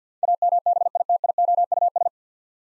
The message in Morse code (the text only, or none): AMBITIOUS